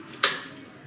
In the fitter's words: so as a click sound is come that means the ch has properly fixed